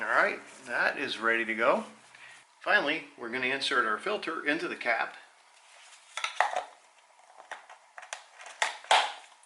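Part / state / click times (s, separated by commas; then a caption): oil filter element into oil filter housing cap / seated / 8.6 s. A new oil filter element for a BMW i8 is pushed into the plastic oil filter housing cap until it snaps in, clicking into place at 8.6 s. Someone talks during the first half, followed by several sharp plastic clicks and handling taps. The filter element ends up seated in the cap.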